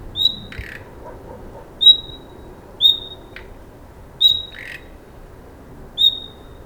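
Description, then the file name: Common nightingale: a high, thin whistle given five times, with short harsh rasping notes in between. "Luscinia megarhynchos"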